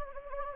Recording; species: mosquito wingbeat signal from an infrared sensor; Anopheles gambiae